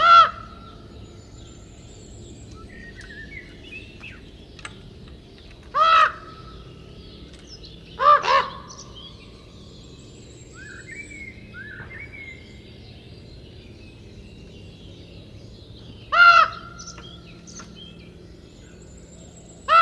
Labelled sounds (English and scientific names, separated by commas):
Common Raven (Corvus corax) call